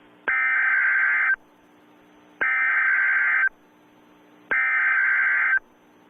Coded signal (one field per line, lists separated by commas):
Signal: Emergency Alert System (SAME) tones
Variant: header bursts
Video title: EAS Scenario - Double Trouble